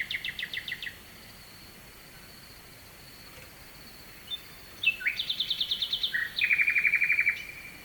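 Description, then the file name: Nightingale song phrases: a quick rattled series, a quiet gap, then whistles leading into loud fast repeated notes, with a stream hissing steadily behind. Nightingale singing at night with a distant stream, recorded at Kovachevitsa, Bulgaria. "Noshten slavej i dalechen potok (s Kovachevica)"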